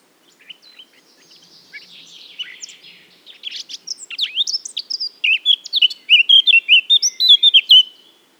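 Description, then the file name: Eurasian blackcap song: a quiet scratchy warble building into loud, clear, fluty whistled notes that rise and fall rapidly before stopping abruptly. "Sylvia atricapilla"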